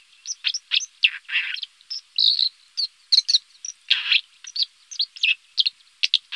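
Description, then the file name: White-throated dipper song, a rapid stream of scratchy, buzzy and sharp high notes with brief rasping bursts, delivered almost continuously. "Wasseramsel"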